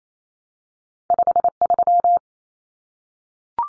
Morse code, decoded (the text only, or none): 53